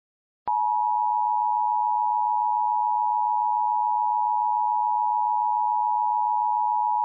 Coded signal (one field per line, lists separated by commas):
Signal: Emergency Alert System (SAME) tones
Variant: 853 and 960 Hz attention tone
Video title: EAS Mock: Flash Flood Warning